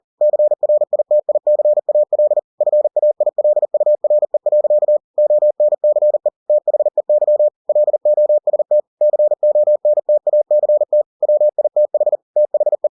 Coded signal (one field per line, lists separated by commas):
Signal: Morse code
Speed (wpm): 40 wpm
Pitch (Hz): 600 Hz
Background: none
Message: CRITICAL FAILURE. ONCE THEY LOST CONTACT WITH THE